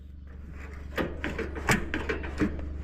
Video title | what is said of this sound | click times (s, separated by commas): Fixing My Mistakes | well, it was supposed to latch, but it never did, but it's over center, as you guys can see. | none